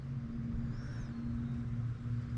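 A keyed plastic part with locating tabs is turned and lined up so it fits back into its fairing mount on a 2022 Harley-Davidson Road Glide motorcycle the one correct way. Only a steady low hum and rumble with a faint background hiss is heard, with no sharp sounds. Nothing has seated or clicked yet.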